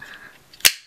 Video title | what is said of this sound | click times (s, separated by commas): Spydiechick's Account Update: Looking Forward to the New Year! | definitely is really really barely hear that click right there goodness the G10 | 0.7 s